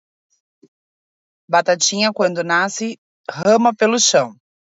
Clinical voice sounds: short text; Brazilian Portuguese; female; 30 to 39 years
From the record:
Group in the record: control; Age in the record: 35 years

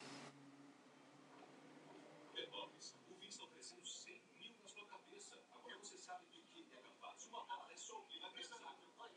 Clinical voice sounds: short text; Brazilian Portuguese; female; 70 to 79 years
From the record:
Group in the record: control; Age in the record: 70 years

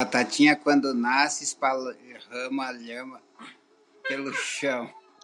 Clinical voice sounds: short text; Brazilian Portuguese; male; 50 to 59 years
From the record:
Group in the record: control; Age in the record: 53 years

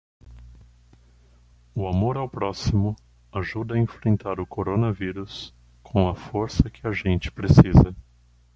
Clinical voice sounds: spoken sentence; Brazilian Portuguese; male; 40 to 49 years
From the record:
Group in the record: control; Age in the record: 40 years

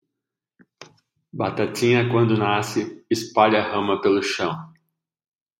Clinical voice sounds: short text; Brazilian Portuguese; male; 40 to 49 years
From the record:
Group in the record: control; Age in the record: 45 years

